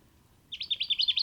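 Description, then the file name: Jacky winter calling, a quick run of about eight bright chirped notes, evenly spaced, after a short quiet start. "Microeca Fascinans"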